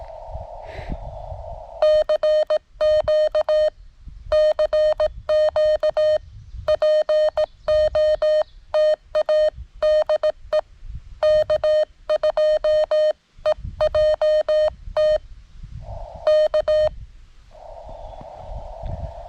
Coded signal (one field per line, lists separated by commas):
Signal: Morse code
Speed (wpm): 17 wpm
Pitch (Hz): 610 Hz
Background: none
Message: CQ CQ POTA DE K2EJT K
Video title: When things go wrong.....CW POTA at K-5072